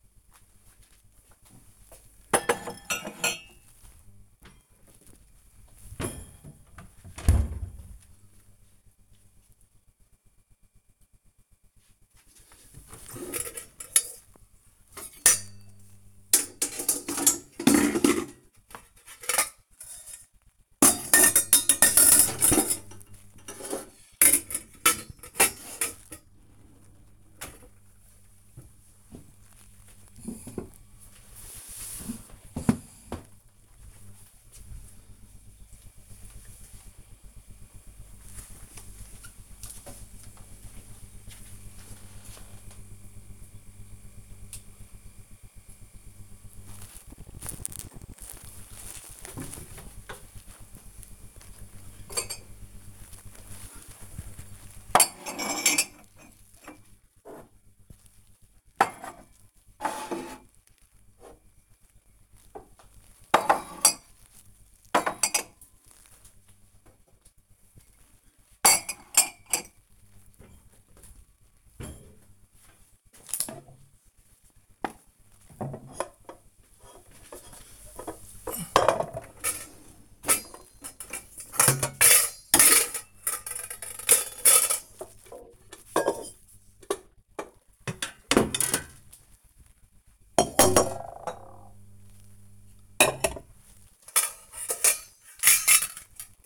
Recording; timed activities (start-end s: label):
household activities, microphone on the right wrist
0.00-28.66 s: putting away the dishes
46.81-96.46 s: putting away the dishes